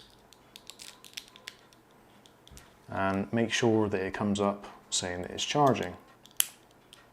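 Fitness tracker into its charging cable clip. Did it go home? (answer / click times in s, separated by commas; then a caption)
yes / 6.4 s. A Fitbit Charge 2 fitness tracker body is pressed into its plastic charging cradle on the charging cable while someone talks, with a few faint handling taps early on. A sharp, loud click at 6.4 s marks the tracker seating into the clip.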